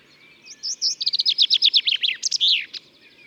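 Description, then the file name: Common chaffinch song: a rapid trill of bright notes that falls in pitch, ending in a short emphatic flourish, over faint low background noise. "erdei pinty hangja"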